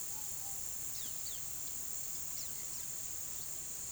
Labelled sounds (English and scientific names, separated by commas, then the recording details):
Palm Tanager (Thraupis palmarum)
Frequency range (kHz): Palm Tanager (Thraupis palmarum) 2.0-6.7 kHz
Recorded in pastures near Puerto Asís, Putumayo, Colombia, on 19 February 2024 at 17:00
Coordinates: 0.466, -76.323
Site G6384